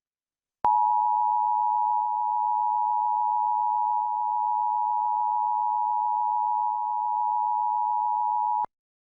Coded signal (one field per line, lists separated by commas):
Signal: Emergency Alert System (SAME) tones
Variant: 853 and 960 Hz attention tone